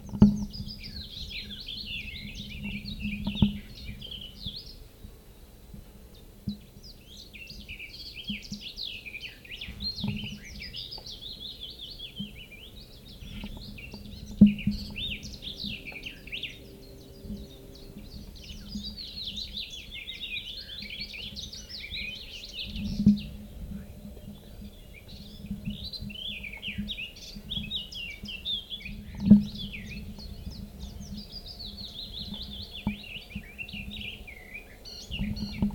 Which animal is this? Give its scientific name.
Phylloscopus trochilus